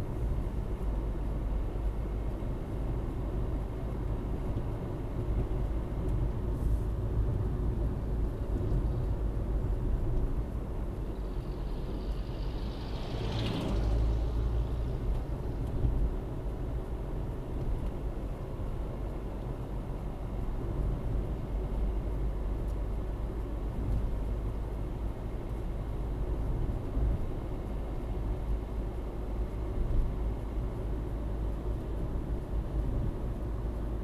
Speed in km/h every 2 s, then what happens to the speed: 54, 56, 57, 57, 52, 49, 48, 48, 48, 52, 54, 55, 55, 55, 56, 56, 56.
0-5 steady at about 56. 5-10 slows to 49. 10-16 steady at about 48. 16-20 speeds up to 54. 20-34 steady at about 55.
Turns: none.